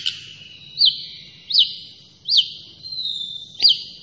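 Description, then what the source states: Long-tailed shrike singing several sharp, high whistled notes. Named by the Indonesian local name cendet; described as gacor, meaning the bird is singing actively.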